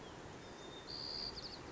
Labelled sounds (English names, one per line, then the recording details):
White-crowned Sparrow
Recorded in Sonoma County, California